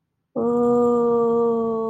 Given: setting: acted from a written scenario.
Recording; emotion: vocal sound without words; awe